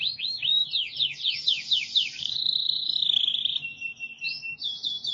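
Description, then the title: Canary giving sharp swept notes that merge into a smooth rolling trill, ending with short high bursts. "Kenari"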